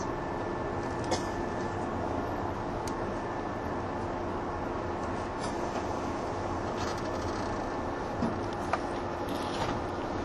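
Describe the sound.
Running sound recorded aboard a 185 series Odoriko train: a steady, dense low rumble with a constant hum and a faint whine running through it. Brief clicks and rattles pop up every few seconds, around one, three, five and eight to nine seconds.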